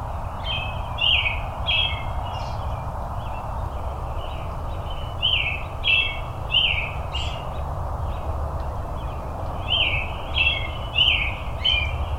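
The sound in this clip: Robin song of many short high notes in quick series, with a few brief gaps, over steady low-pitched noise.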